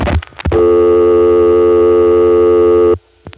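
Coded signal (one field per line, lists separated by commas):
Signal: telephone call progress tone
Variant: North America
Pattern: dial tone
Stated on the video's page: Tones from replacement of City and Interzone tandem switches, November 1975.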